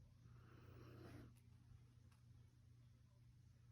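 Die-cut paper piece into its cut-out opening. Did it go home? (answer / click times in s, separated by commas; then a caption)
no / none. A small die-cut paper piece is pushed back into the cut-out opening it was cut from, where it lines up closely. Soft handling and rustling rise over a steady low hum and fade by about 1.3 seconds, with a few faint ticks after. Nothing has seated or clicked yet.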